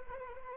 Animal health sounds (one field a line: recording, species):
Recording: mosquito wingbeat signal from an infrared sensor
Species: Anopheles arabiensis